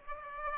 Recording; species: mosquito wingbeat signal from an infrared sensor; Aedes aegypti